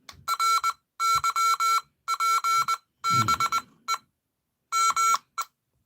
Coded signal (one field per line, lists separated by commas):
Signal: Morse code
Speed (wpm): 20 wpm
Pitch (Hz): 1350 Hz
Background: none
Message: RYPBE M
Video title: Danny Radio and Tech Live Stream - Dr. Sky Show on 770 AM WABC 5/16/2026